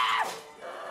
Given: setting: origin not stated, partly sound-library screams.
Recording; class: one-second piece from a danger detection set; woman in danger